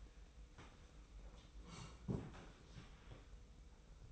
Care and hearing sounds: daily activity, microphone in the room; sit down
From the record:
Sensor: 1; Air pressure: 990.5 hPa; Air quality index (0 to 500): 154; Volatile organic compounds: 1000 ppm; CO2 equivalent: 5579 ppm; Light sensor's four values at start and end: 30/69/29/32 and 30/70/30/32

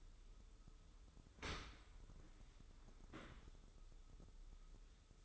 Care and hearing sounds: daily activity, microphone in the room; open dishwasher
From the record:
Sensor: 3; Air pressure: 995.8 hPa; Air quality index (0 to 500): 97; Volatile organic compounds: 13 ppm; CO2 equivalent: 2425 ppm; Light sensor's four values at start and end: 29/87/37/32 and 29/87/37/32

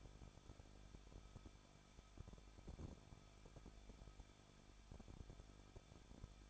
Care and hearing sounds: daily activity, microphone in the room; no activity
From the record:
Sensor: 5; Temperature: 20.7 degrees Celsius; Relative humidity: 38.7%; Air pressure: 1006.5 hPa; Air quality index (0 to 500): 193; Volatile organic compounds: 21 ppm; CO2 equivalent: 2725 ppm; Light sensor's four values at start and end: 2/3/1/1 and 2/3/1/1

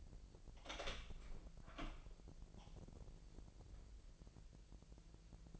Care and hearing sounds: daily activity, microphone in the room; open door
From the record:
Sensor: 5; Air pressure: 1001.4 hPa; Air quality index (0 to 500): 248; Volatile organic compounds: 35 ppm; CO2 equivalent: 3052 ppm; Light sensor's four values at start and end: 36/83/33/32 and 34/80/32/30

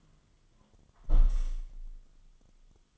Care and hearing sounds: daily activity, microphone in the room; close window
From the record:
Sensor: 4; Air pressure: 1005.6 hPa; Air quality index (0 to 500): 99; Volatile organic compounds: 2 ppm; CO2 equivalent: 1230 ppm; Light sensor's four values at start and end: 13/29/11/11 and 13/29/11/11

